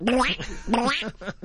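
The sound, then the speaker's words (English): A voice imitates a duck with a few nasal, buzzy quacks: two drawn-out honks followed by a couple of shorter clipped ones, fairly loud and harsh. “You know, you never get oral sex with a Trojan because it sounds like a duck.”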